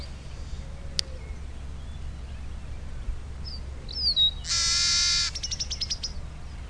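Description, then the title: Bird singing: soft high whistles and a sharp click, then a swooping whistle, a loud harsh buzzy note, and a quick rattling series of short notes, with low steady hum behind. "LuckyPassaro Completos2Sama"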